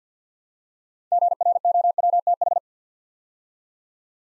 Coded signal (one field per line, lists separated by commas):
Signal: Morse code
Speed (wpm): 50 wpm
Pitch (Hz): 700 Hz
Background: none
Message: GROWTH